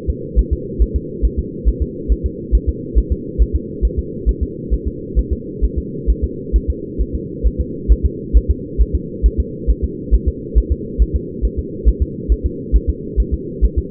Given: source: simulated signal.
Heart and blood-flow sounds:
fetal heart sounds
0.10 s: S2
0.39 s: S1
0.53 s: S2
0.82 s: S1
0.96 s: S2
1.25 s: S1
1.39 s: S2
1.69 s: S1
1.82 s: S2
2.12 s: S1
2.26 s: S2
2.55 s: S1
2.69 s: S2
2.98 s: S1
3.12 s: S2
3.42 s: S1
3.56 s: S2
3.85 s: S1
3.99 s: S2
4.29 s: S1
4.43 s: S2
4.74 s: S1
4.88 s: S2
5.19 s: S1
5.33 s: S2
5.64 s: S1
5.78 s: S2
6.10 s: S1
6.24 s: S2
6.56 s: S1
6.70 s: S2
7.01 s: S1
7.15 s: S2
7.47 s: S1
7.61 s: S2
7.92 s: S1
8.06 s: S2
8.37 s: S1
8.50 s: S2
8.81 s: S1
8.95 s: S2
9.26 s: S1
9.40 s: S2
9.70 s: S1
9.84 s: S2
10.14 s: S1
10.28 s: S2
10.58 s: S1
10.72 s: S2
11.02 s: S1
11.16 s: S2
11.45 s: S1
11.59 s: S2
11.89 s: S1
12.02 s: S2
12.32 s: S1
12.46 s: S2
12.76 s: S1
12.90 s: S2
13.20 s: S1
13.34 s: S2
13.64 s: S1
13.78 s: S2
From the record:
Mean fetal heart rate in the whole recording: 135 bpm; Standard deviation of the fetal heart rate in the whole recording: 3 bpm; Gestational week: 34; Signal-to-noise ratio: -4.1 dB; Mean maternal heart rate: no maternal heart sound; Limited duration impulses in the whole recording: absent

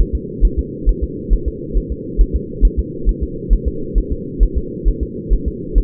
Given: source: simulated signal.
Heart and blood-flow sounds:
fetal heart sounds
0.00 s: S1
0.15 s: S2
0.45 s: S1
0.59 s: S2
0.89 s: S1
1.03 s: S2
1.33 s: S1
1.48 s: S2
1.77 s: S1
1.92 s: S2
2.21 s: S1
2.36 s: S2
2.65 s: S1
2.79 s: S2
3.09 s: S1
3.23 s: S2
3.53 s: S1
3.68 s: S2
3.98 s: S1
4.12 s: S2
4.43 s: S1
4.58 s: S2
4.88 s: S1
5.03 s: S2
5.33 s: S1
5.48 s: S2
5.78 s: S1
From the record:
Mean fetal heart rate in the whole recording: 135 bpm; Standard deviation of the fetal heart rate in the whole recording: 3 bpm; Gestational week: 36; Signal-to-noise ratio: -4.3 dB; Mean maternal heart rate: 72 bpm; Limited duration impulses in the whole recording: absent

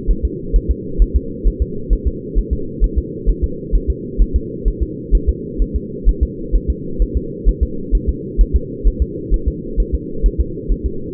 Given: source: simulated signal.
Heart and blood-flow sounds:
fetal heart sounds
0.11 s: S1
0.25 s: S2
0.56 s: S1
0.71 s: S2
1.02 s: S1
1.16 s: S2
1.47 s: S1
1.62 s: S2
1.93 s: S1
2.07 s: S2
2.38 s: S1
2.53 s: S2
2.84 s: S1
2.98 s: S2
3.29 s: S1
3.44 s: S2
3.75 s: S1
3.90 s: S2
4.22 s: S1
4.36 s: S2
4.68 s: S1
4.82 s: S2
5.15 s: S1
5.29 s: S2
5.62 s: S1
5.76 s: S2
6.09 s: S1
6.23 s: S2
6.56 s: S1
6.70 s: S2
7.02 s: S1
7.17 s: S2
7.49 s: S1
7.63 s: S2
7.95 s: S1
8.09 s: S2
8.41 s: S1
8.56 s: S2
8.87 s: S1
9.02 s: S2
9.34 s: S1
9.48 s: S2
9.80 s: S1
9.94 s: S2
10.26 s: S1
10.41 s: S2
10.72 s: S1
10.86 s: S2
From the record:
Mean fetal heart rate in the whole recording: 130 bpm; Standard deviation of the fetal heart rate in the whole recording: 2 bpm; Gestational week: 36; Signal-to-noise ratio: -4.3 dB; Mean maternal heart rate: 72 bpm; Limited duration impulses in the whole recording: absent

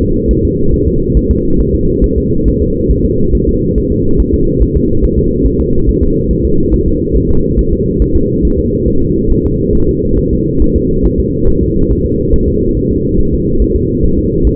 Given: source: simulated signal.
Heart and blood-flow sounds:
fetal heart sounds
0.02 s: S2
0.31 s: S1
0.45 s: S2
0.74 s: S1
0.88 s: S2
1.17 s: S1
1.31 s: S2
1.60 s: S1
1.75 s: S2
2.04 s: S1
2.18 s: S2
2.48 s: S1
2.62 s: S2
2.91 s: S1
3.06 s: S2
3.35 s: S1
3.49 s: S2
3.78 s: S1
3.92 s: S2
4.20 s: S1
4.34 s: S2
4.62 s: S1
4.77 s: S2
5.04 s: S1
5.19 s: S2
5.47 s: S1
5.61 s: S2
5.89 s: S1
6.03 s: S2
6.31 s: S1
6.45 s: S2
6.74 s: S1
6.88 s: S2
7.16 s: S1
7.31 s: S2
7.59 s: S1
7.73 s: S2
8.02 s: S1
8.16 s: S2
8.45 s: S1
8.59 s: S2
8.88 s: S1
9.02 s: S2
9.31 s: S1
9.46 s: S2
9.75 s: S1
9.89 s: S2
10.19 s: S1
10.33 s: S2
10.62 s: S1
10.76 s: S2
11.06 s: S1
11.19 s: S2
11.49 s: S1
11.63 s: S2
11.91 s: S1
12.06 s: S2
12.34 s: S1
12.48 s: S2
12.77 s: S1
12.91 s: S2
13.20 s: S1
13.34 s: S2
13.62 s: S1
13.76 s: S2
14.05 s: S1
14.19 s: S2
14.47 s: S1
From the record:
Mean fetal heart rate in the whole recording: 140 bpm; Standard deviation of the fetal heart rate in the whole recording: 2 bpm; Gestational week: 34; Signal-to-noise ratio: -16.4 dB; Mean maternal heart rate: 72 bpm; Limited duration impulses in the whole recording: present

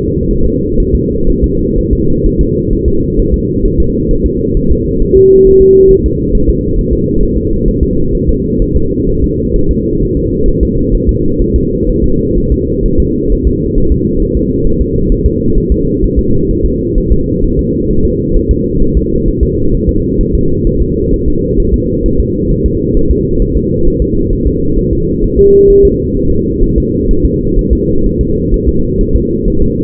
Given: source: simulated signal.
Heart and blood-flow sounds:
fetal heart sounds
0.31 s: S1
0.45 s: S2
0.80 s: S1
0.95 s: S2
1.30 s: S1
1.44 s: S2
1.78 s: S1
1.93 s: S2
2.26 s: S1
2.41 s: S2
2.73 s: S1
2.88 s: S2
3.19 s: S1
3.34 s: S2
3.65 s: S1
3.80 s: S2
4.11 s: S1
4.26 s: S2
4.57 s: S1
4.71 s: S2
5.02 s: S1
5.17 s: S2
5.47 s: S1
5.62 s: S2
5.91 s: S1
6.06 s: S2
6.35 s: S1
6.50 s: S2
6.79 s: S1
6.93 s: S2
7.23 s: S1
7.38 s: S2
7.68 s: S1
7.83 s: S2
8.15 s: S1
8.29 s: S2
8.62 s: S1
8.76 s: S2
9.09 s: S1
9.24 s: S2
9.56 s: S1
9.71 s: S2
10.02 s: S1
10.17 s: S2
10.48 s: S1
10.63 s: S2
10.95 s: S1
11.09 s: S2
11.42 s: S1
11.56 s: S2
11.89 s: S1
12.04 s: S2
12.38 s: S1
12.52 s: S2
12.86 s: S1
13.00 s: S2
13.32 s: S1
13.47 s: S2
13.78 s: S1
13.92 s: S2
14.22 s: S1
14.37 s: S2
14.67 s: S1
14.81 s: S2
15.12 s: S1
15.26 s: S2
15.58 s: S1
15.72 s: S2
16.04 s: S1
16.19 s: S2
16.51 s: S1
16.66 s: S2
16.98 s: S1
17.12 s: S2
17.44 s: S1
17.59 s: S2
17.91 s: S1
18.05 s: S2
18.37 s: S1
18.51 s: S2
18.82 s: S1
18.97 s: S2
19.28 s: S1
19.43 s: S2
19.75 s: S1
19.89 s: S2
20.21 s: S1
20.35 s: S2
20.67 s: S1
20.82 s: S2
21.13 s: S1
21.28 s: S2
21.60 s: S1
21.74 s: S2
22.06 s: S1
22.20 s: S2
22.51 s: S1
22.66 s: S2
22.97 s: S1
23.11 s: S2
23.42 s: S1
23.57 s: S2
23.87 s: S1
24.02 s: S2
24.33 s: S1
24.47 s: S2
24.79 s: S1
24.93 s: S2
25.24 s: S1
25.39 s: S2
25.70 s: S1
25.85 s: S2
26.17 s: S1
26.31 s: S2
26.63 s: S1
26.78 s: S2
27.11 s: S1
27.25 s: S2
27.59 s: S1
27.73 s: S2
28.06 s: S1
28.21 s: S2
28.54 s: S1
28.68 s: S2
29.01 s: S1
29.16 s: S2
29.48 s: S1
29.62 s: S2
From the record:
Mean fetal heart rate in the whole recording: 130 bpm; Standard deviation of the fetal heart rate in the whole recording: 4 bpm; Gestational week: 38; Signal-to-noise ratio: -16.4 dB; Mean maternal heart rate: 72 bpm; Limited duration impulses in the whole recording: present

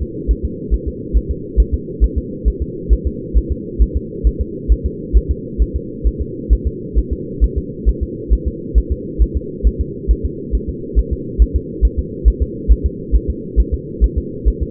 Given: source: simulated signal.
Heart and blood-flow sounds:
fetal heart sounds
0.02 s: S2
0.31 s: S1
0.45 s: S2
0.74 s: S1
0.88 s: S2
1.17 s: S1
1.31 s: S2
1.60 s: S1
1.74 s: S2
2.04 s: S1
2.18 s: S2
2.48 s: S1
2.62 s: S2
2.93 s: S1
3.07 s: S2
3.38 s: S1
3.52 s: S2
3.82 s: S1
3.97 s: S2
4.27 s: S1
4.41 s: S2
4.72 s: S1
4.86 s: S2
5.17 s: S1
5.31 s: S2
5.62 s: S1
5.76 s: S2
6.07 s: S1
6.22 s: S2
6.53 s: S1
6.67 s: S2
6.98 s: S1
7.13 s: S2
7.44 s: S1
7.58 s: S2
7.89 s: S1
8.03 s: S2
8.33 s: S1
8.47 s: S2
8.78 s: S1
8.92 s: S2
9.22 s: S1
9.36 s: S2
9.67 s: S1
9.81 s: S2
10.11 s: S1
10.25 s: S2
10.55 s: S1
10.69 s: S2
10.99 s: S1
11.13 s: S2
11.42 s: S1
11.56 s: S2
11.85 s: S1
11.99 s: S2
12.28 s: S1
12.42 s: S2
12.72 s: S1
12.86 s: S2
13.16 s: S1
13.30 s: S2
13.60 s: S1
13.74 s: S2
14.04 s: S1
14.18 s: S2
14.48 s: S1
14.62 s: S2
From the record:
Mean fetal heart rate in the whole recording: 135 bpm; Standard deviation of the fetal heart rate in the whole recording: 3 bpm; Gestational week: 34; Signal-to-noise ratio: -4.1 dB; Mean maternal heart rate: no maternal heart sound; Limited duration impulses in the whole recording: absent

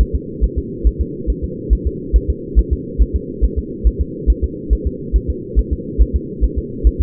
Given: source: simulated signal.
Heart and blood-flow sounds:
fetal heart sounds
0.01 s: S1
0.15 s: S2
0.44 s: S1
0.58 s: S2
0.87 s: S1
1.01 s: S2
1.30 s: S1
1.44 s: S2
1.73 s: S1
1.87 s: S2
2.16 s: S1
2.30 s: S2
2.59 s: S1
2.73 s: S2
3.02 s: S1
3.16 s: S2
3.44 s: S1
3.58 s: S2
3.87 s: S1
4.01 s: S2
4.30 s: S1
4.44 s: S2
4.73 s: S1
4.87 s: S2
5.16 s: S1
5.30 s: S2
5.59 s: S1
5.73 s: S2
6.02 s: S1
6.16 s: S2
6.44 s: S1
6.58 s: S2
6.87 s: S1
7.01 s: S2
From the record:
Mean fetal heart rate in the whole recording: 140 bpm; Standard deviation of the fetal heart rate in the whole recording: 2 bpm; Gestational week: 34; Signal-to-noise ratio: -4.1 dB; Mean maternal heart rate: no maternal heart sound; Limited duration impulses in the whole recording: absent

